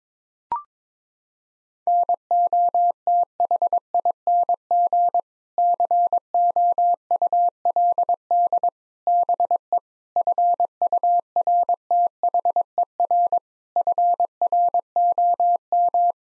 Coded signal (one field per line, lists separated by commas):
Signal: Morse code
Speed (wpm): 22 wpm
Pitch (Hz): 700 Hz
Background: none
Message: NOTHING COULD BE FURTHER FROM